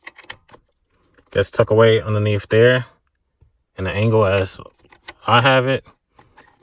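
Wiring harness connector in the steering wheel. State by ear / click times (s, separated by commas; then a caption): seated / 6.2 s. While replacing the steering wheel on a Nissan, a plastic wiring harness connector in the steering wheel is plugged back in behind the wheel as someone talks, with a few faint ticks early on. The connector clicks into place at about 6.2 s and is seated.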